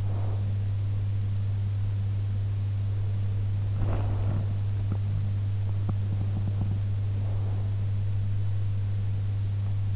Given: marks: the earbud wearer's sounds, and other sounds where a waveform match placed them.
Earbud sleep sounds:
sounds in sleep by an in-ear microphone; breath, teeth grinding
0.00-0.62 s: breath
3.72-4.87 s: breath
5.86-6.87 s: teeth grinding

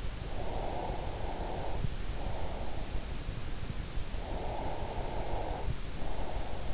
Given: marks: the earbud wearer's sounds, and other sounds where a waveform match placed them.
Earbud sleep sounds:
sounds in sleep by an in-ear microphone; breath
0.11-2.97 s: breath
4.17-6.74 s: breath

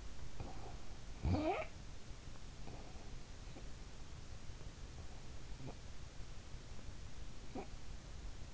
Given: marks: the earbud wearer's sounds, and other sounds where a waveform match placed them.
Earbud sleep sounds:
sounds in sleep by an in-ear microphone; snoring breath
0.75-2.21 s: snoring breath

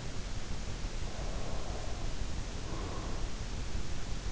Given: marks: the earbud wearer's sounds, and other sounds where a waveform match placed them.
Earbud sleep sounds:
sounds in sleep by an in-ear microphone; breath
1.03-3.55 s: breath

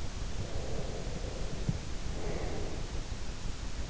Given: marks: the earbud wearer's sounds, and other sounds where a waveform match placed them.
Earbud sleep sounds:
sounds in sleep by an in-ear microphone; breath
0.56-3.34 s: breath

